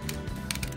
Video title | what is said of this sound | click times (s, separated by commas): 胡服騎射的變形金剛分享時間 1737集 BT04 黑寡婦 毒蜘蛛 BingoToys BT 04 Spider Girl Blackarachnid | 这样子就扣上去，它会有一点往下斜的一个角度。 | 0.5 s